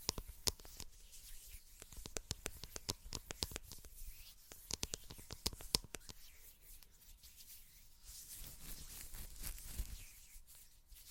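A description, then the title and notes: Crisp plucking clicks come in quick irregular bursts for the first six seconds, then thin out into soft rustling and rubbing. ASMR PLUCKING WITH LAYERED SOUNDS.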